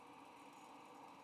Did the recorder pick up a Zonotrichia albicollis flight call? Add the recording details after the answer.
no. No flight call is heard. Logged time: 09:32 on 20 November 2014